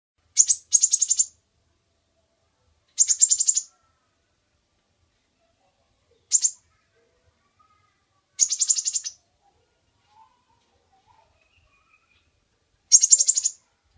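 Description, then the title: Bird giving several short, high, buzzy chattering bursts separated by pauses of a few seconds, with silence between. Master recording used for training birds. "Master Burung Jos"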